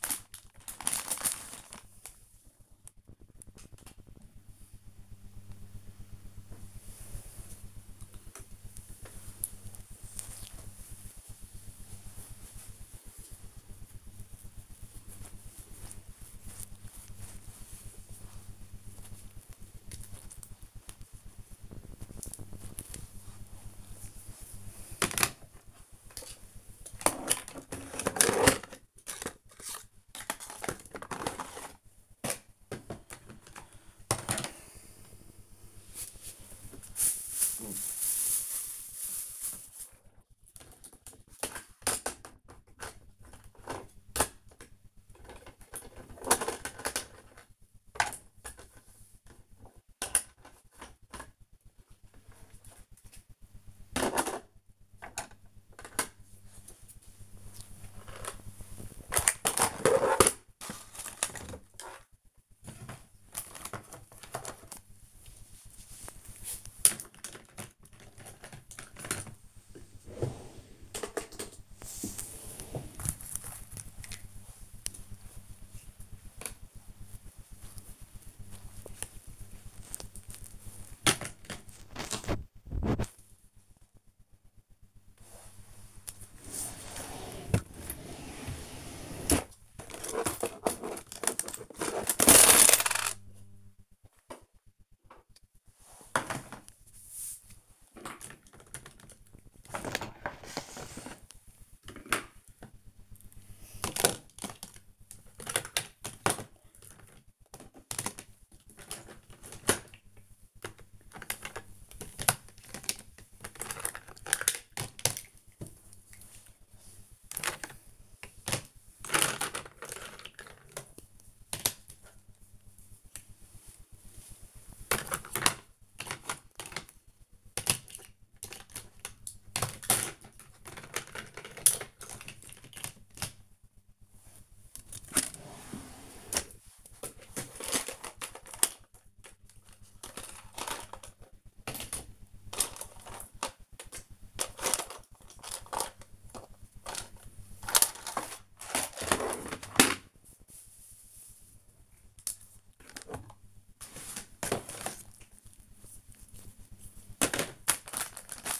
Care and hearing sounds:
household activities, microphone on the right wrist
0.00-158.60 s: tidy up the cupboard

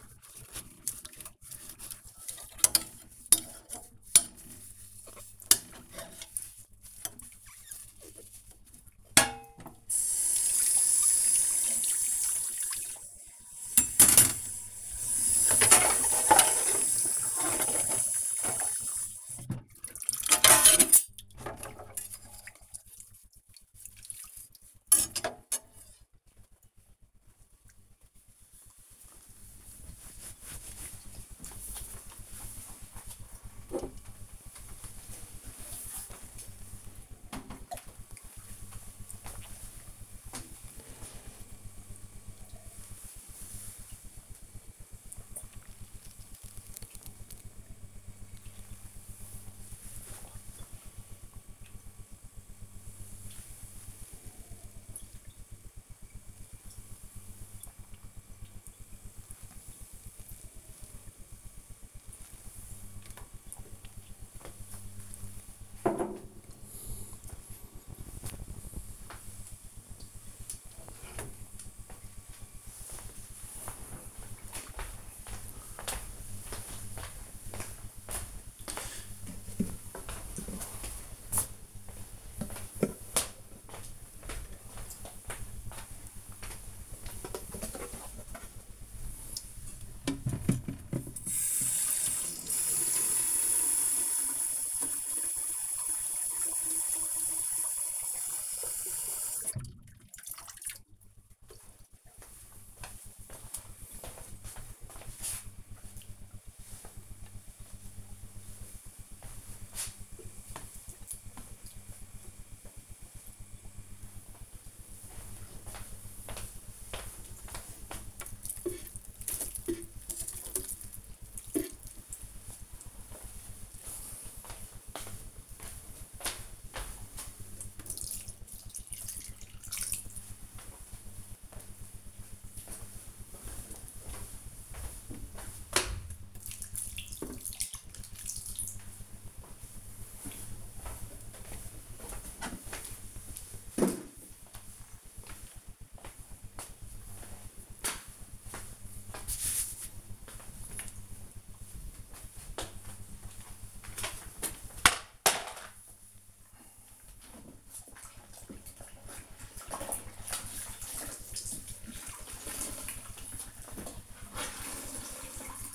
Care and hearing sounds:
household activities, microphone on the right wrist
0.00-25.69 s: washing dishes
33.74-62.95 s: drinking
87.12-140.47 s: watering plant
151.52-165.75 s: floor cleaning

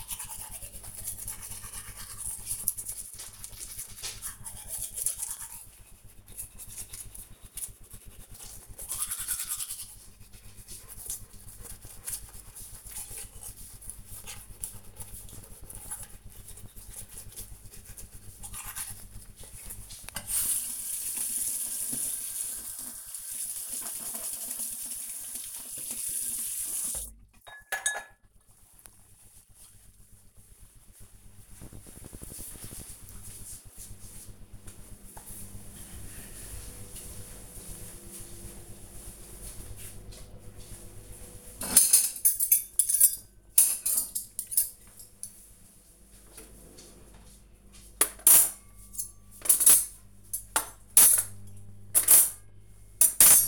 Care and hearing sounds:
household activities, microphone on the right wrist
0.00-27.36 s: brushing teeth
39.42-53.48 s: putting away the dishes

